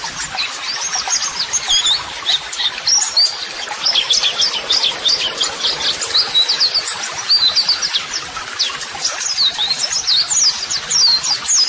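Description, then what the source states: White-eye song: an unbroken stream of high, thin twittering notes and quick trills, busy and overlapping throughout. White-eye singing vigorously ('gacor'), used as a model song (masteran) for training.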